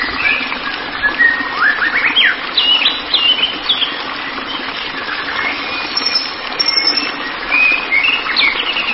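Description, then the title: White-rumped shama pouring out rapid, varied chirps and upslurred whistles, phrases tumbling one after another, with a faint continuous hiss behind. "Kicau Murai Batu"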